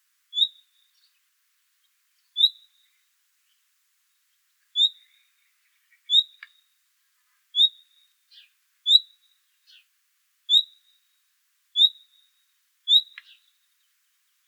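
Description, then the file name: Common nightingale repeats a brief, high whistle every second or two, with a few faint clicks between notes. "Luscinia megarhynchos"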